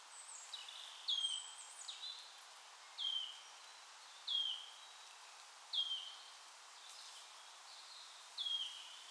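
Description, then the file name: Wood warbler giving five downward-sliding whistles at uneven intervals, with faint high twitters in the background. "sisego fuzike hangja"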